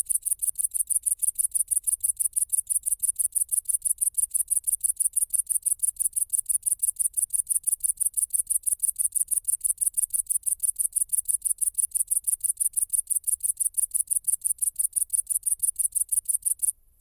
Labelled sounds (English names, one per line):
Great Green Bush-cricket stridulation